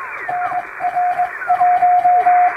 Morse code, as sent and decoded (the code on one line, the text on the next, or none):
-. .-. .----
NR1